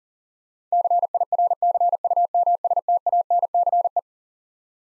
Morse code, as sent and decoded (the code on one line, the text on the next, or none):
-.-. .. .-. -.-. ..- -- ... - .- -. -.-. .
CIRCUMSTANCE